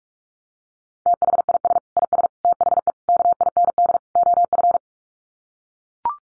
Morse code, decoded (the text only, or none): THIS IS THE KIND OF